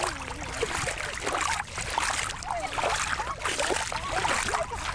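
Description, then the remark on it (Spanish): Steady rushing and gurgling of flowing water, a broad continuous wash with bubbly, churning textures and brief dips in intensity, with no voices. “estoy grabando el sonido del agua.”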